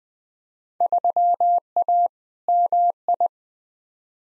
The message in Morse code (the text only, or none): 3A MI